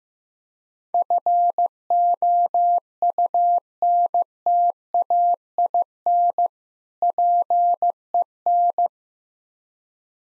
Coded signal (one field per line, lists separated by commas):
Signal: Morse code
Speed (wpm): 15 wpm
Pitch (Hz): 700 Hz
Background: none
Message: FOUNTAIN PEN